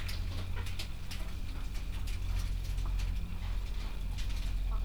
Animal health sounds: poultry house recording; sick chickens (respiratory disease)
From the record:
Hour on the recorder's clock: 22

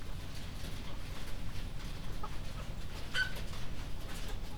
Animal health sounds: poultry house recording; sick chickens (respiratory disease)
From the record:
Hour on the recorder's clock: 0

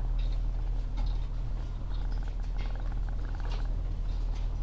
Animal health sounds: poultry house recording; sick chickens (respiratory disease)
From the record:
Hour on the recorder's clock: 16

